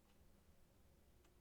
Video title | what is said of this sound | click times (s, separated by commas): ender 3 pro linear rail install/beginner | and those do just snap right into place and they line up that rail just beautifully | 1.4 s